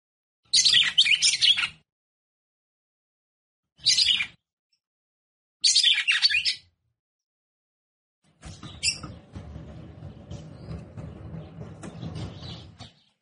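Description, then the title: Red-cowled cardinal song: three short bursts of high, scratchy chattering notes separated by pauses, then a few sharp notes over a low, steady background rumble. Female bird; the song style is called "batendo fogo". "Canto Galo De Campina. Fêmea De Galo De Campina Batendo Fogo"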